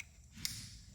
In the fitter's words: Let's listen for the click. Yep, you heard that.